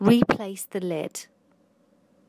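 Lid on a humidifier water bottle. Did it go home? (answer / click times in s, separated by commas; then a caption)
no / none. Someone talks while the plastic lid is handled to be put back on a humidifier water bottle, followed by near silence with only a faint tick around 1.5 s. Nothing has seated or clicked yet.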